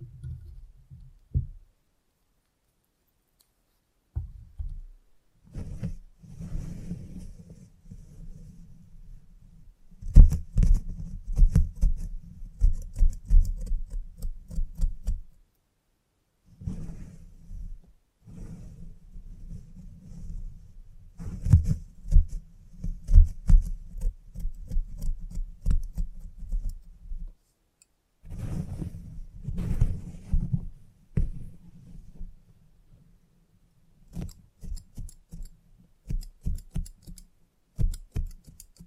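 Salon haircut sounds with scissors and clippers. Bursts of snipping and low rustling come in uneven clusters of several seconds, broken by short silent gaps near 2–4, 16 and 27 seconds, with crisp clicking ticks scattered throughout.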